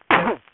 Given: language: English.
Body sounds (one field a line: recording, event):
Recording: throat vibration sensor signal played as sound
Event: cough